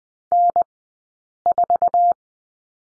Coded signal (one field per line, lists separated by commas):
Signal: Morse code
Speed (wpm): 20 wpm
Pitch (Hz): 700 Hz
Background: none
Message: N4